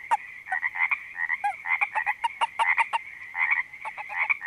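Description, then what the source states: Frogs calling in a dense chorus, many overlapping croaks with a steady ringing drone behind them. Frogs recorded at a creek in Panoche Valley, California, on 02-04-08 (2008).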